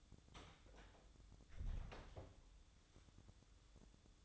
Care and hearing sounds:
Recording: daily activity, microphone in the room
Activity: close door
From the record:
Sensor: 3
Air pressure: 1004.9 hPa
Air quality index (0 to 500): 75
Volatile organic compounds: 2 ppm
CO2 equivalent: 1124 ppm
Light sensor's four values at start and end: 8/20/8/8 and 8/20/8/8

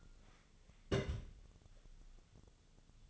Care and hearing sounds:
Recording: daily activity, microphone in the room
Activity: place on stove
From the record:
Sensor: 4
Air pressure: 1000.8 hPa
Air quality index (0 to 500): 124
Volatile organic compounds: 1 ppm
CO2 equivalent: 935 ppm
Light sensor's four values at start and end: 42/104/44/49 and 43/106/44/49

